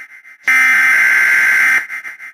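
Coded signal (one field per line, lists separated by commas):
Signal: Emergency Alert System (SAME) tones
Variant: header bursts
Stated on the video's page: Fictional EAS scenario, a simulated alert.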